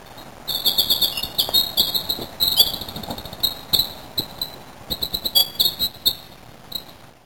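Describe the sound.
Winter wren song: long bursts of high, rapid tinkling trills and warbles, broken by brief pauses.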